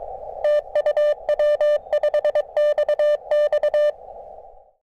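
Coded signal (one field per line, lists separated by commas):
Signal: Morse code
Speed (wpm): 23 wpm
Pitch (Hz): 600 Hz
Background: none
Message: TU W5XX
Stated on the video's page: CW contacts on a magnetic loop antenna.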